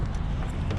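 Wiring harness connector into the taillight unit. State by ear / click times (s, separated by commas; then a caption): not seated / none. A plastic wiring harness connector is being pushed toward the new left LED taillight unit on a Toyota Corolla, heard as a steady low rumble with faint handling noise and no distinct hits. Nothing has seated or clicked yet.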